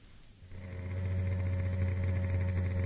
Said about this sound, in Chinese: 在深夜寂静的街上，一辆摩托车飞速地穿过大街小巷，停在田海家的门口。